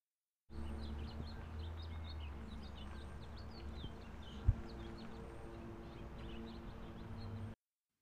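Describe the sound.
House Finch calls, a busy stream of bright chirps and twitters over a steady low hum, with one sharp click midway.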